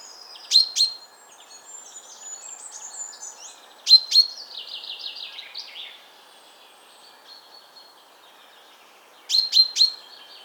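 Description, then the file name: Common chaffinch sharp, clipped calls in groups of two or three, separated by a longer twittering phrase. "Fringilla coelebs"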